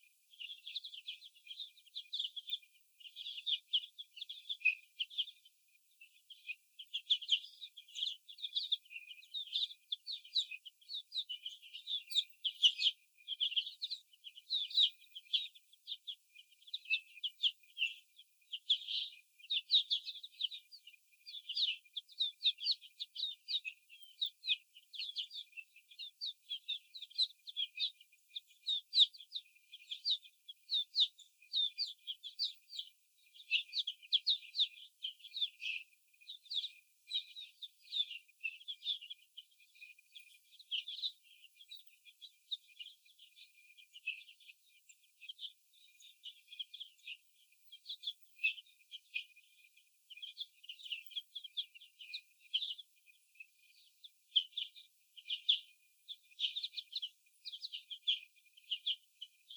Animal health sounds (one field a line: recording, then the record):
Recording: young laying hens in a cage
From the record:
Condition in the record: before the stressor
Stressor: sudden umbrella opening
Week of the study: 2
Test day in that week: 1